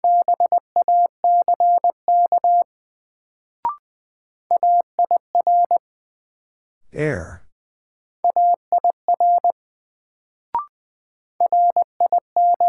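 A word sent in Morse code as clean steady beeps in short and long groups, broken by two clicks and a brief spoken word around seven seconds.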